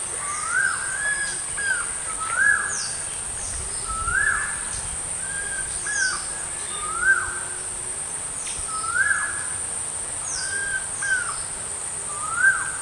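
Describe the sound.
Stork-billed kingfisher calling with a series of drawn-out upslurred notes, a constant shrill insect hum running underneath throughout.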